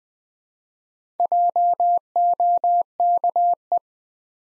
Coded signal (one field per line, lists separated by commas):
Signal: Morse code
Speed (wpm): 20 wpm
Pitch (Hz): 700 Hz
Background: none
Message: JOKE